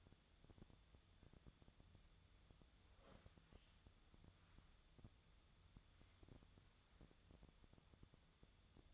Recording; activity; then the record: daily activity, microphone in the room; wipe stove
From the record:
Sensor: 3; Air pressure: 1004.8 hPa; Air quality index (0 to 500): 75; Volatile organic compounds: 2 ppm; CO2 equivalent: 1131 ppm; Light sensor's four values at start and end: 8/19/8/7 and 8/19/7/7